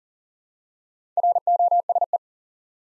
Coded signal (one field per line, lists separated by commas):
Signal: Morse code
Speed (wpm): 40 wpm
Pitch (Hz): 700 Hz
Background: none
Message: ROSE